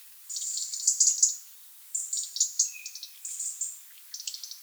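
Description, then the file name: European robin song, high fast trilled phrases in three bursts separated by short silences, with one faint lower whistle. "Erithacus rubecula"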